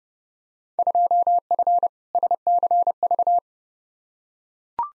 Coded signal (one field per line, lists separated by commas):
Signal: Morse code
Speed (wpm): 30 wpm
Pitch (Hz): 700 Hz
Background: none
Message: 2F SCV